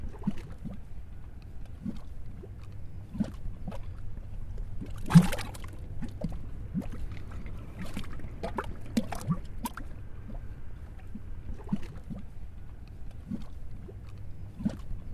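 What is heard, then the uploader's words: Mudpots bubble and pop in a steady, irregular patter, with short sharp bursts arriving every fraction of a second over a low, continuous rumble. A louder, bright splat stands out around five seconds, and the popping stays fairly dense throughout. Sound Break: Mudpots.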